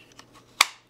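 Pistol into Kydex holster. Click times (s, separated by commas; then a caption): 0.6 s. A pistol is pushed into a molded Kydex holster, with small ticks at 0.1 and 0.2 seconds before a sharp, bright snap at 0.6 seconds as it passes the retention point and seats. The click is audible, tactile, and gives good feedback, unlike mushy cheap holsters.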